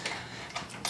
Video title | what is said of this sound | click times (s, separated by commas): FULL INSTALL! Focal, Klipsch, Denon, Epson- Dolby Atmos 5.2.2 | basically just clicks right into place and then you got to make sure to lock it | 0.8 s